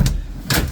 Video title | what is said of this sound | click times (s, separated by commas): Volkswagen TRADE!!! 1978 Beetle For A 1973 Type 3 Squareback - How Did I Do??? | Oh, that actually locks in place, too. | 0.5 s